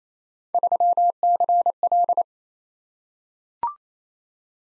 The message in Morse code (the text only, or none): 3CL